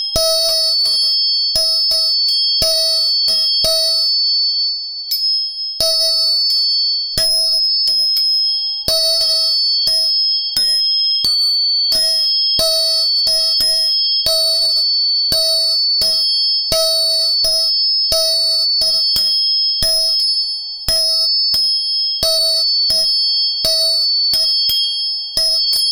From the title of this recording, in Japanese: 音叉チューニング3本